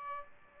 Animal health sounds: mosquito wingbeat signal from an infrared sensor; Aedes albopictus

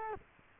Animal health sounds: mosquito wingbeat signal from an infrared sensor; Culex quinquefasciatus

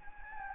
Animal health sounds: mosquito wingbeat signal from an infrared sensor; Anopheles gambiae

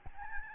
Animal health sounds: mosquito wingbeat signal from an infrared sensor; Aedes albopictus

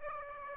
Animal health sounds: mosquito wingbeat signal from an infrared sensor; Aedes aegypti

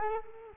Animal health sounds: mosquito wingbeat signal from an infrared sensor; Culex quinquefasciatus

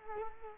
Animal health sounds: mosquito wingbeat signal from an infrared sensor; Culex quinquefasciatus

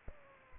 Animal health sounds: mosquito wingbeat signal from an infrared sensor; Aedes aegypti

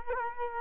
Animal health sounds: mosquito wingbeat signal from an infrared sensor; Culex quinquefasciatus

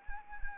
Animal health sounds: mosquito wingbeat signal from an infrared sensor; Anopheles arabiensis

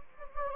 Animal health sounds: mosquito wingbeat signal from an infrared sensor; Anopheles gambiae

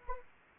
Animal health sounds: mosquito wingbeat signal from an infrared sensor; Anopheles arabiensis

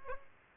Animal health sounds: mosquito wingbeat signal from an infrared sensor; Aedes aegypti

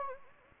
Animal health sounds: mosquito wingbeat signal from an infrared sensor; Anopheles gambiae

